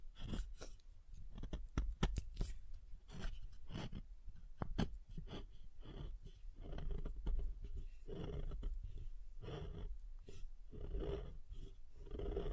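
Soap being tapped and carved, with a run of sharp, bright clicks and taps packed densely in the first five seconds. Later the sound turns into longer scraping strokes with softer taps between them, all over a low steady rumble.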